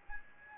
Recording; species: mosquito wingbeat signal from an infrared sensor; Aedes albopictus